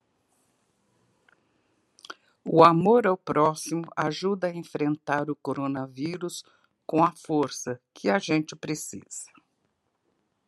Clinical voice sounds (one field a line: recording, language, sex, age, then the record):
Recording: spoken sentence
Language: Brazilian Portuguese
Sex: female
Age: 60 to 69 years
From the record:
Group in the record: control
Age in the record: 67 years